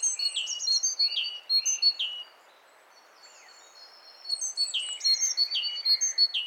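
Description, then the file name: Great tit calls: quick high chirps and falling notes, a silent gap of about two seconds, then a fresh burst of twittering notes. "Parus major"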